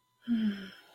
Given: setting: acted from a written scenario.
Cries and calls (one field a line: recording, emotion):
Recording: vocal sound without words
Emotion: relief